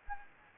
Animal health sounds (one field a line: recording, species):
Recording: mosquito wingbeat signal from an infrared sensor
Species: Anopheles gambiae